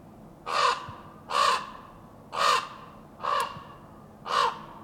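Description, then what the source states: Raven calling with five loud, hoarse caws spaced roughly one second apart. A single raven cawing.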